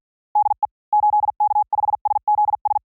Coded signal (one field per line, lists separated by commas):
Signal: Morse code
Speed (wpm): 48 wpm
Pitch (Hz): 810 Hz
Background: none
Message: DE 8K5SZS